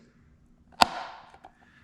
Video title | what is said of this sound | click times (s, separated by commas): DIY 2018-2023 Volkswagen Oil Change and Resetting the Oil Service Reminder | It should snap right into place. | 0.8 s